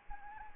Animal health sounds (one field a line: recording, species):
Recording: mosquito wingbeat signal from an infrared sensor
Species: Anopheles arabiensis